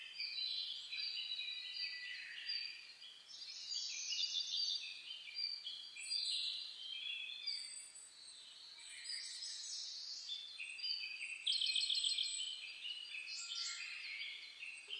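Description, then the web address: Dense morning birdsong, many high twittering and whistled phrases overlapping continuously, including a quick buzzy trill later on. Dawn chorus birdsong recorded on 10 May 2010. "sounds data 2010 reimei DH-D 50-saezuri-20100510-0401"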